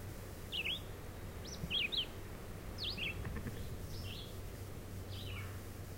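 Red-eyed vireo song: several short slurred whistled phrases delivered with brief pauses, over a steady low background rumble.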